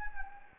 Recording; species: mosquito wingbeat signal from an infrared sensor; Anopheles gambiae